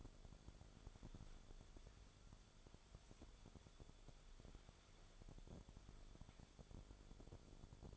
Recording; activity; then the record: daily activity, microphone in the room; wipe stove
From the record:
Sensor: 5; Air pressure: 1015.2 hPa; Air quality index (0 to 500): 142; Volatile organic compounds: 3 ppm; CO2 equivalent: 1529 ppm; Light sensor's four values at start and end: 35/83/34/36 and 35/84/34/36